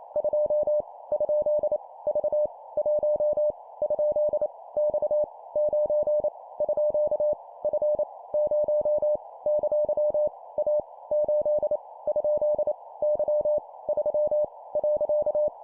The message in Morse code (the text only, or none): 2 ? V 1 ? X 9 _ F 0 ! A 8 ? Y 3 .